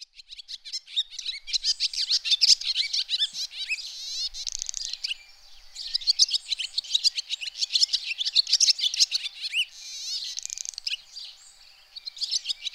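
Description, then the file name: Swallow chattering in long runs of rapid high chirps and warbled notes with a few quieter gaps, continuing to the end. "golondrina"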